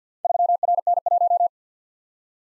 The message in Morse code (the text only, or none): 3RN1